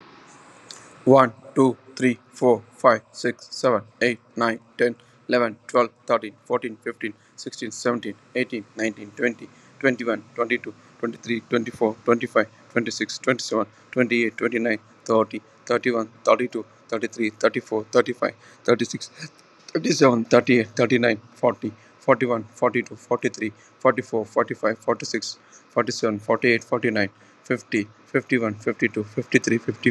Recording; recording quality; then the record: counting at a fast pace; poor, much background noise or distortion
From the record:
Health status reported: COVID-19 positive, moderate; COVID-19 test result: positive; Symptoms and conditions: cough, cold, fever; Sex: male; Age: 44 years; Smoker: not ticked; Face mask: worn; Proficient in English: yes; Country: India